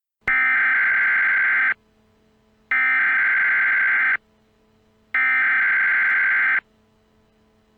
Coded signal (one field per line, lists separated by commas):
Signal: Emergency Alert System (SAME) tones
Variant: header bursts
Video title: Eas Scenario: Shadow demons 3 Rebellion